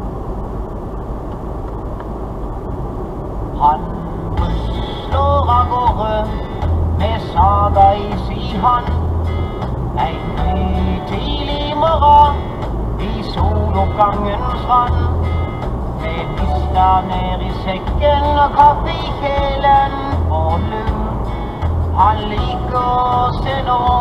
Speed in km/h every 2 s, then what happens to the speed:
71, 72, 74, 74, 76, 76, 76, 77, 77, 77, 77, 75.
0-24 steady at about 76.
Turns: none.